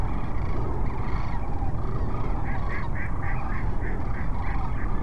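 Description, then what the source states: Sandhill cranes calling together; a series of evenly spaced trumpeting notes stands out in the second half above the dense flock chorus. Several sandhill cranes at Cochise Lakes on 30 January 2019.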